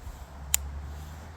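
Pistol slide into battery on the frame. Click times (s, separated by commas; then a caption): 0.5 s. On a Fusion XP Pro 2011 pistol that takes Glock magazines, the slide, which had stopped short of battery, possibly because of the Glock magazine, is pushed forward on the frame. It seats with a single sharp, bright click at 0.5 s over a steady low hum. The slide is now in battery.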